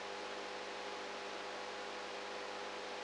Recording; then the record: brain microelectrode recording played as sound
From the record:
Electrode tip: outside the subthalamic nucleus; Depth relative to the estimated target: -6 mm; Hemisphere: right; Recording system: NeuroSet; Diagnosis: Parkinson's disease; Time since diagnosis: 19 years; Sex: female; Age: 58 years